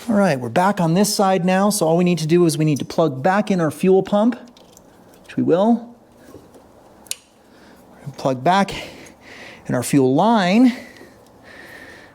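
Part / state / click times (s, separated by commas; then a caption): fuel pump wiring connector into fuel pump socket on motorcycle tank / seated / 7.1 s. Someone talks while the fuel pump wiring connector is plugged back into the fuel pump socket under the tank of a Royal Enfield Himalayan motorcycle. A sharp double tick is heard at 7.1 s and 7.1 s as the connector clicks in and seats.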